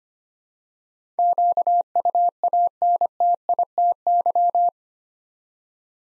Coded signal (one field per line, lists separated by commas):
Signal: Morse code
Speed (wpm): 25 wpm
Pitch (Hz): 700 Hz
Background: none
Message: QUANTITY